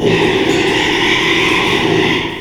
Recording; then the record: squeal of a Yucatan mini pig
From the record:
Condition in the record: after surgery on the right vocal fold (resection and tissue-engineered implant); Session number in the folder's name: 1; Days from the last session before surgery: 6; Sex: male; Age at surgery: 12 weeks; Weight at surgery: 13 kg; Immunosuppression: cyclosporine, prednisolone